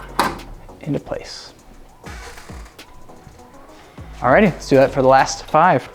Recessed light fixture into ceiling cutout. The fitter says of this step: now as I push them up they're gonna pop into place